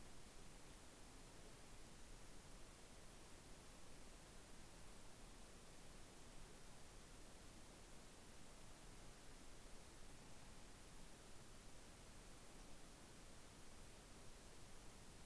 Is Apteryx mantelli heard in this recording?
no